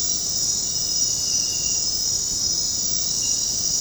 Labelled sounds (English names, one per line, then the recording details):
none
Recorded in dense forest near Puerto Asís, Putumayo, Colombia, on 18 February 2024 at 23:00
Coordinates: 0.503, -76.322
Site G6418